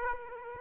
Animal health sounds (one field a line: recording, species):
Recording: mosquito wingbeat signal from an infrared sensor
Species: Aedes aegypti